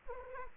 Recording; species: mosquito wingbeat signal from an infrared sensor; Anopheles arabiensis